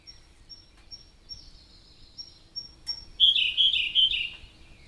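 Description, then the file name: Siberian blue robin song: faint high ticks lead into a loud rapid rattling phrase of pulsed notes. "robin-siberian-blue Larvivora-cyane"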